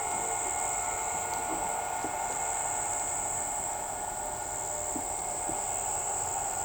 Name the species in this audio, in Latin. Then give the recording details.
none. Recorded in shrubland near Pivijay, Magdalena, Colombia, on 17 April 2023 at 05:30. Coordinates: 10.453, -74.365. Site P5-G022